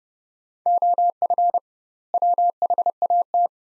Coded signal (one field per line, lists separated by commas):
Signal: Morse code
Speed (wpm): 30 wpm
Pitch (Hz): 700 Hz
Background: none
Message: OF WHAT